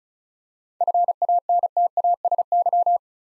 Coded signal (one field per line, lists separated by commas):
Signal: Morse code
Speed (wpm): 36 wpm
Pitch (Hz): 700 Hz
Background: none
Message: FANTASY